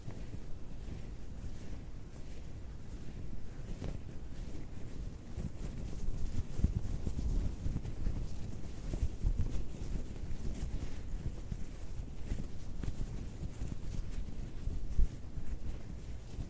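Fabric rustles and scratches in a steady, dense stream of low, scuffing friction, with a soft airy hiss above. The rubbing never stops and swells slightly after six seconds, with a few sharper scrapes scattered through, one standing out near fifteen seconds.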